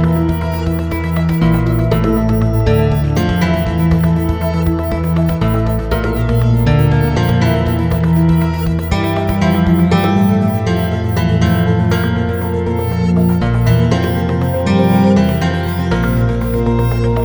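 Binaural beats under a dense, steady layer of sustained musical tones. A deep hum runs throughout while notes in the lower and middle range shift every second or two, with brighter overtones above. Loudness stays even the whole time, with no pauses.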